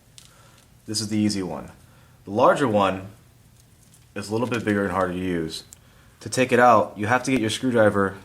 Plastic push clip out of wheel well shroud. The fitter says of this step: and pull up until it pops out